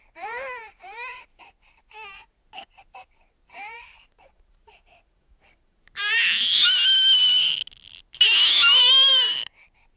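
A baby crying inside a cabin: short whimpering cries at first, then two long, loud, high-pitched wails.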